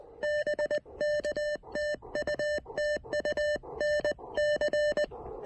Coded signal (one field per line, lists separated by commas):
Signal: Morse code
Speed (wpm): 19 wpm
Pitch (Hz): 590 Hz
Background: none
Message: BK TU TU NC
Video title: Fall Leaf Colors: A flashback to October 2023 and some Elecraft KX1 & MC-750 Lakeside QRP POTA!